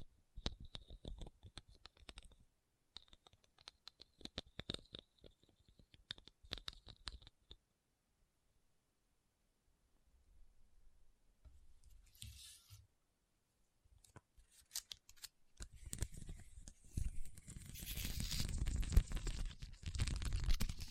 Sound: RHINESTONE Tapping & Scratching Sounds